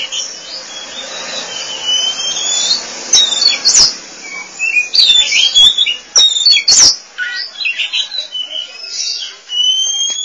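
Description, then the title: Oriental magpie-robin song, scattered high whistles, chips and clicking notes over a faint hiss, ending with a clear rising whistle. Song (kicauan). "Suara Kicauan Burung Kacer Durasi Panjang"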